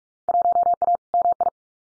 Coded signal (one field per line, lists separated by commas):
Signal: Morse code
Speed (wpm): 44 wpm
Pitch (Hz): 700 Hz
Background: none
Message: 1A MI